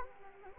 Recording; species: mosquito wingbeat signal from an infrared sensor; Anopheles arabiensis